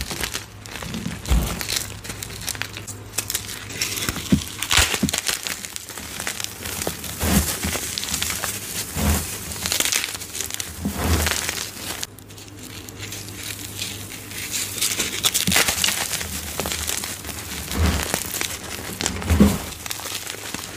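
Dyed gym chalk bombs filled with soap, glitter and powder are crushed in a steady run of dense, gritty crackling and crinkling. Soft low thumps land every couple of seconds, with a low hum underneath and a brief lull near twelve seconds.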